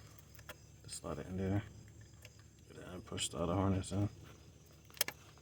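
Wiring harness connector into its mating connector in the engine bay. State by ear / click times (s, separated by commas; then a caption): seated / 5.0 s. While reinstalling parts around the coolant inlet pipe on a Nissan/Infiniti, a plastic wiring harness connector is pushed into its mating connector in the engine bay as someone talks. A sharp click at 5.0 s shows the connector has seated and locked.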